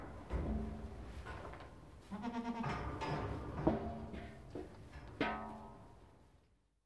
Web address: козел